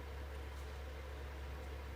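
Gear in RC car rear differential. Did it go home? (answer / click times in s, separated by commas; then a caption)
no / none. A gear in the rear differential of an Arrma Kraton EXB RC car is being handled and wiggled down, with only a steady low hum and faint broadband hiss heard throughout. Nothing has seated or clicked yet.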